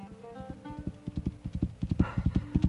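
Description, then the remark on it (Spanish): Steady clip-clop of horse hooves on stony desert ground, a quick irregular rhythm of sharp knocks growing slightly louder, with a faint tonal hum beneath and no voices. “No conozco el lenguaje del desierto, pero mi caballo conoce el lenguaje de la vida.”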